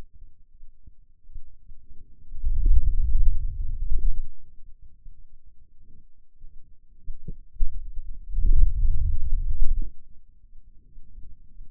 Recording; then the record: forearm muscle sounds (acoustic myography)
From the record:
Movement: hand opening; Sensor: system 2, bracelet of six BSWA MPA416 microphones around the upper forearm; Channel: 3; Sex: male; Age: 22 years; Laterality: right